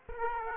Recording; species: mosquito wingbeat signal from an infrared sensor; Aedes aegypti